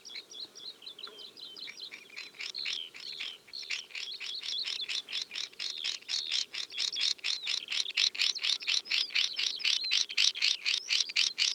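Swinhoe's snipe giving a long, rapid series of sharp, high chirping notes that grow louder toward the end, with a faint low background hum.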